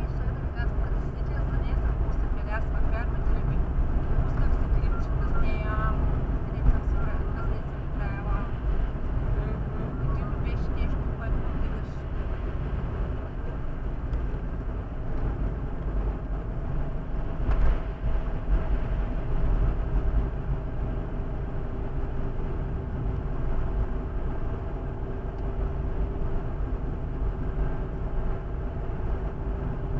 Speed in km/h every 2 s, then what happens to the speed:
51, 51, 51, 51, 51, 52, 54, 52, 49, 48, 49, 45, 45, 46, 46.
0-13 steady at about 51. 13-22 slows to 45. 22-30 steady at about 45.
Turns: none.